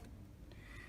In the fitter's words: back like that now you're going to pull down hear the click